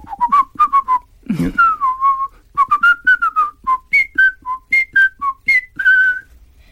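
A bright, lively whistled melody of a children's theme tune, played as a quick run of short, bouncing notes with a few longer held ones, broken by a brief breathy burst early on.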